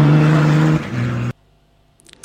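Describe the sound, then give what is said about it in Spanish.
A Mitsubishi rally car engine from the Dakar rally revs hard with a loud, rough growl, its pitch dropping slightly after a second before the sound cuts off abruptly, leaving near silence with faint clicks. “Ese era su Mitsubishi en el Dakar.”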